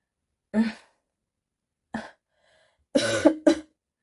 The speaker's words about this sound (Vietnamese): Lạc Nghệ khẽ ho một tiếng. Tiểu Huy ca. Giọng hắn đã khàn đi rất nhiều, trông chẳng giống người một chút nào.